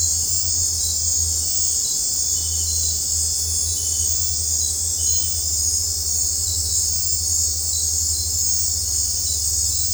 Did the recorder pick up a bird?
no